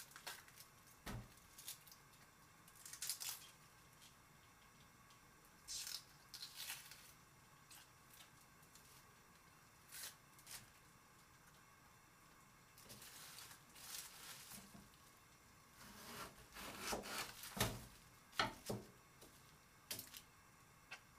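Washing up: short, bright bursts of clatter, scraping and splashing come in irregular clusters, busiest toward the end of the clip. Between them is a quiet, steady low hum, broken by occasional single knocks and soft wet squishes.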